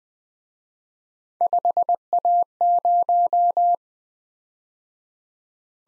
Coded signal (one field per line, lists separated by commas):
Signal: Morse code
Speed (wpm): 20 wpm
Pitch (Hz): 700 Hz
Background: none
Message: 5A0